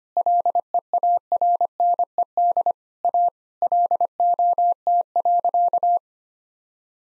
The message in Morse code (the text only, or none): LEARNED A LOT.